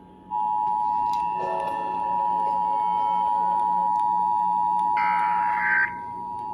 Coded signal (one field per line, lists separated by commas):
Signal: Emergency Alert System (SAME) tones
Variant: 853 and 960 Hz attention tone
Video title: May 2020 Texas Required Monthly Test (EAS# 58-63)